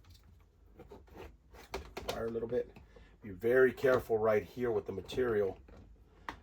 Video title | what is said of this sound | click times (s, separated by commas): How to remove door panels on a 2020-2023 Nissan Sentra step by step | Put it down and then lock the little security tab on there. | 1.7 s, 2.0 s